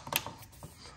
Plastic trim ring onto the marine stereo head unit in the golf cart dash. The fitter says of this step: and just snaps into place